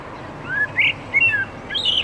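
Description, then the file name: Common blackbird with short, mellow whistled notes and a thin high ending over a hissy background. "Turdus merula"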